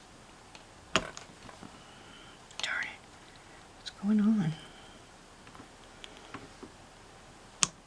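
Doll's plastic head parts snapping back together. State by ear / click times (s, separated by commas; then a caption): seated / 7.6 s. After cleaning the doll's second eye, someone presses the plastic doll head parts back together while someone talks, with scattered small clicks and handling noises. A sharp snap at 7.6 s marks the doll's plastic head shell snapping closed and seating.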